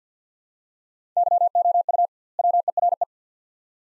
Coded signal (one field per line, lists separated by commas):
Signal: Morse code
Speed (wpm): 49 wpm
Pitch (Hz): 700 Hz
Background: none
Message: YOU WERE